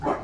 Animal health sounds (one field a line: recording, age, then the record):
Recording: pig call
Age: growing-finishing pig (85 days or more)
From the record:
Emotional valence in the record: positive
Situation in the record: run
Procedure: transit